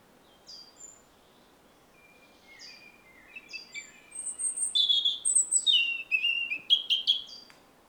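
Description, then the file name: European robin singing: soft, thin, separated whistles that build into a louder, hurried phrase of sparkling high notes and quick trills. "Erithacus rubecula"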